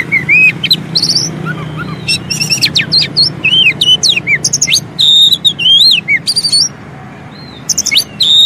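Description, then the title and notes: Oriental magpie-robin: varied whistled song with looped slurs and buzzy bursts, then a quiet stretch before a final short phrase. Long-duration fill-in (isian) song material for training kacer to sing actively (gacor) day and night. "Kacer Jadi Gacor Siang Malam. Isian Kacer Durasi Panjang"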